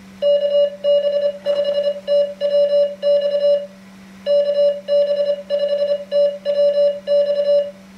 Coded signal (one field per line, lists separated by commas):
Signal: Morse code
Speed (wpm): 24 wpm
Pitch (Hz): 580 Hz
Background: none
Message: KB5TWX KB5TWX